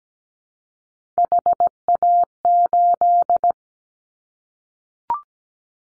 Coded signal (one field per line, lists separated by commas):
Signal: Morse code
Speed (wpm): 17 wpm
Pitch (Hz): 700 Hz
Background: none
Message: HA8